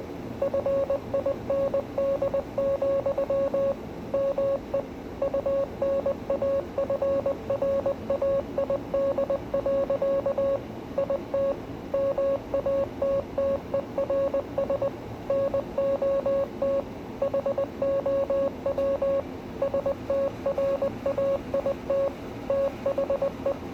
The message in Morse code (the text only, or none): FIND, ME UNAFRAID. IT MATTERS NOT HOW STRAIT THE